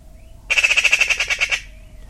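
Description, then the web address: Bird call: a fast, rattling burst of many sharp, evenly spaced 'pi' notes lasting about one second, then quiet. Call type described as a 'pi pi pi pi' call. "cianscape birddata Deverinetal 2025"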